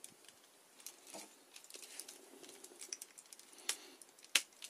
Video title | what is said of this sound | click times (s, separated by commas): YF-29 Durandal Review, Macross Frontier The Wings of Goodbye | that's one you can hear the click | 4.4 s